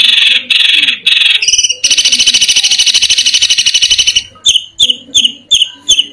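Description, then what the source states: Long-tailed shrike song mixing harsh bursts, a dense rattling trill, and then several sharp, separate, downslurred notes near the end. Masteran (training recording) of cendet song.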